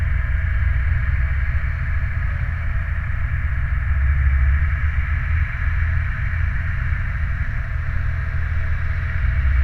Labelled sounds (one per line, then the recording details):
machinery
flare stack
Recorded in the Prudhoe Bay oil fields, Alaska, on 29 July 2019 at 01:02
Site 29